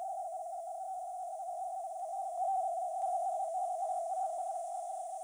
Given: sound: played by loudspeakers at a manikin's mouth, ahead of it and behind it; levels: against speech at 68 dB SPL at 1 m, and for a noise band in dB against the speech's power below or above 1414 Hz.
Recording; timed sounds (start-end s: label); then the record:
test signals for a remote microphone
0.00-2.37 s: noise band at 707 Hz, -10 dB
2.37-5.24 s: noise band at 707 Hz, -5 dB
From the record:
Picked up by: remote microphone B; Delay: 24 ms